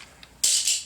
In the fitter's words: go all the way the back you're going to push your release button right here on the side snaps it right out of there okay